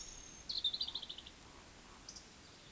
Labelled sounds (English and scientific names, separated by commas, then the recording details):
Eurasian Woodcock (Scolopax rusticola) whistle, Eurasian Woodcock (Scolopax rusticola) croak
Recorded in Baden-Württemberg, Germany, on 31 May 2021 at 19:40 UTC
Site 20675, 466 m above sea level